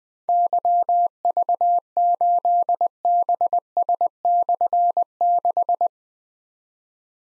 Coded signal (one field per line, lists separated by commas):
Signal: Morse code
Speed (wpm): 20 wpm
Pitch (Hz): 700 Hz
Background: none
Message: YV8BS/6